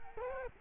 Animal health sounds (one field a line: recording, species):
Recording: mosquito wingbeat signal from an infrared sensor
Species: Culex quinquefasciatus